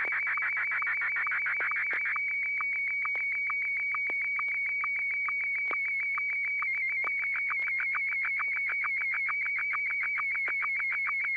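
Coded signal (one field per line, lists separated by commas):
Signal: SSTV (slow-scan television)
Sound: continuous warbling high tone with rapid regular ticking pulses, about two per second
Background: low steady hum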